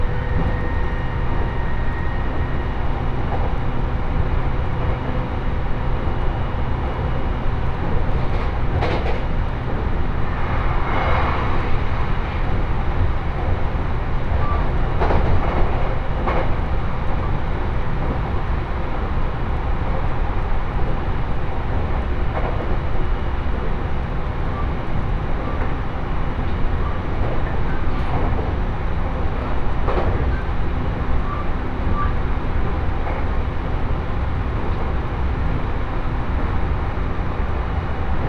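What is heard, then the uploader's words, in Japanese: A train journey on the Tohoku Main Line, heard as a steady, dense rumble and roar of the carriage in motion. Faint clicks and clunks come through at intervals, around 9, 15 and 30 seconds, over the unchanging low drone. 鉄道旅 東北本線 福島→北白川。列車はこの途中で福島県から宮城県へと入っていきます。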